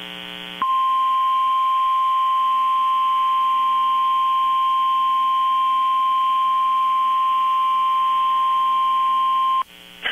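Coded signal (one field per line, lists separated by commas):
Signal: Emergency Alert System (SAME) tones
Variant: 1050 Hz attention tone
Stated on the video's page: Hurricane Force Wind Warnings coded HUW plus a 1050 Hz-tone Blizzard Warning, from a NOAA Weather Radio internet stream, recorded with Audacity.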